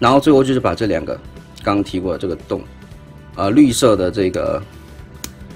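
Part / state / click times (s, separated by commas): toy panel holes onto pegs / seated / 5.2 s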